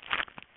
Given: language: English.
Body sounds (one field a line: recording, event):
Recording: throat vibration sensor signal played as sound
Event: swallow